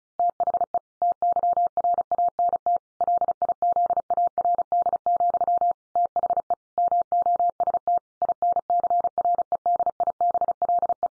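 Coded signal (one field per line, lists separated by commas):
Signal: Morse code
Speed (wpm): 34 wpm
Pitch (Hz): 700 Hz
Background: none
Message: THE TYRANT LIZARD, THE MOST INCREDIBLE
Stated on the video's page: Morse head-copy practice at 35 wpm, each sentence followed by spoken text and repeated in Morse.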